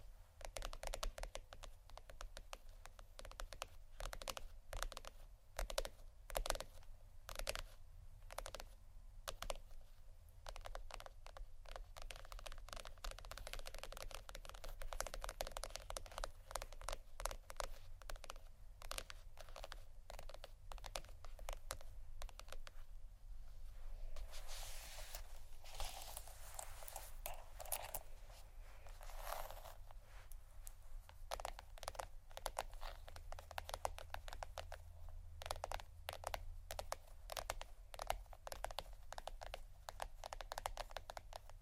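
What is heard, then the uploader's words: Soft tapping and scratching on cardboard, continuous, with quick irregular taps packed densely throughout and brighter scratchy passages around the middle and near 25 to 30 seconds. A low steady hum sits underneath. ASMR Sleep Session Soft, Tapping, Cardboard, Massage, Scratching, Silicone, Etc. (No Talking).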